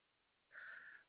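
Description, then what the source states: Koala call: one steady tone lasting about half a second, level in pitch, with quiet hiss around it. Recorded 5 12 2021.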